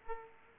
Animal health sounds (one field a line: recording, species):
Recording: mosquito wingbeat signal from an infrared sensor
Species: Aedes aegypti